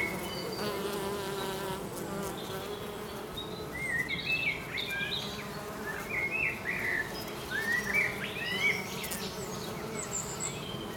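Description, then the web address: Bee buzzing forms a continuous low drone while bird chirps and twitters sound over it, mostly in the middle. "Soundscape Abeille"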